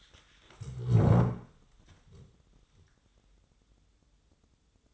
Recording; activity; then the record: daily activity, microphone in the room; stand up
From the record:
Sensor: 3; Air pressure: 1005.1 hPa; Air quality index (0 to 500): 93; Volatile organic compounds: 3 ppm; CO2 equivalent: 1452 ppm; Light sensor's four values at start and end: 10/22/9/9 and 9/21/9/9